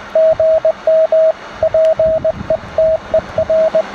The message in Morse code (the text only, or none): GM PETER